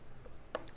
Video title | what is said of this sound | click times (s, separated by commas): JewelleryMaker LIVE 29/05/24 -- With Elena Stephens GIA AJP & Alison Tarry | and then they click into place | 0.6 s, 0.7 s